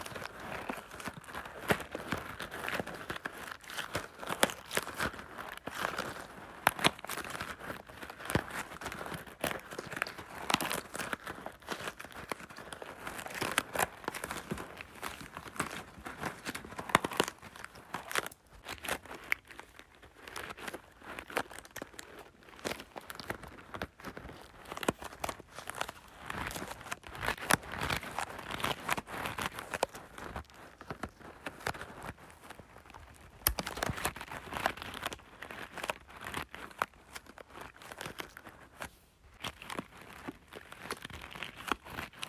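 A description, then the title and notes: Rice is stirred and poured by hand, a dense, continuous rattle of tiny grains with constant sharp clicks and patters. The sound stays bright throughout, thinning briefly around twenty and thirty-nine seconds. ASMR Playing with Rice.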